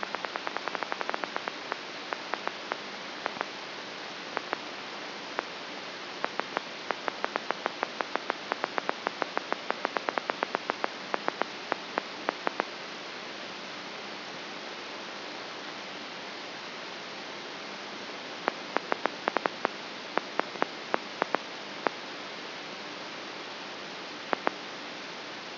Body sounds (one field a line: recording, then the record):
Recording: brain microelectrode recording played as sound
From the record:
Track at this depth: outside the subthalamic nucleus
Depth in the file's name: 6.215 mm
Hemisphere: left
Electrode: 3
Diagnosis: Parkinson's disease